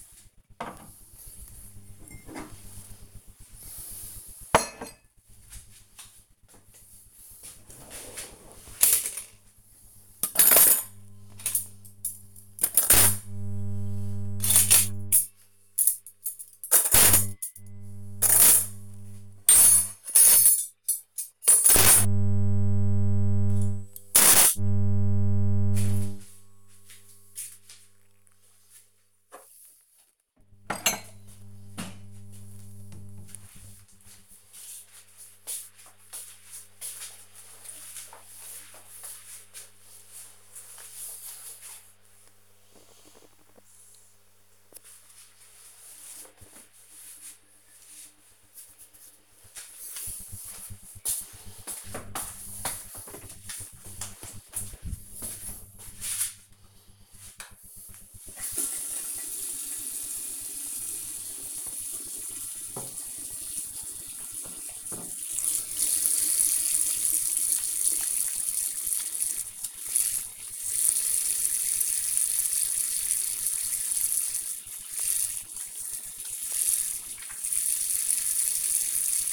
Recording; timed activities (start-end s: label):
household activities, microphone on the right wrist
0.00-31.78 s: putting away the dishes
55.88-79.33 s: washing hands